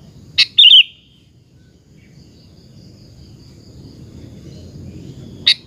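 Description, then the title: Sooty-headed bulbul song: one short, bright bubbling whistled phrase after a click, followed by quiet low background noise and a second click. "Kutilang"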